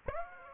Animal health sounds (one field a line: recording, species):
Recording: mosquito wingbeat signal from an infrared sensor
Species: Aedes aegypti